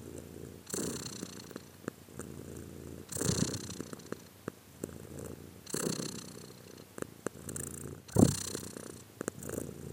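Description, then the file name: Cat purr, a continuous low buzzing rumble rising on each breath in slow cycles, with scattered clicks and one louder huff. "cat again"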